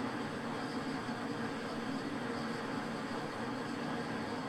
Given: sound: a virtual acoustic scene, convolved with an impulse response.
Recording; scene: olnoise with the direct sound of the target; pub